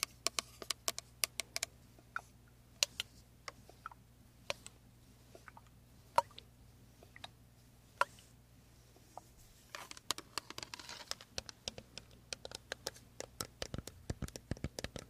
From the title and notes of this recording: ASMR First Person Skin care Room (Korean) (ASMR …). This Asmr has a lot of creamy products, and a lot of massages.